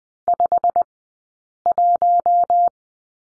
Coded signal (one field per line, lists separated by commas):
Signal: Morse code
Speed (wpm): 20 wpm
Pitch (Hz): 700 Hz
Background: none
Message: 51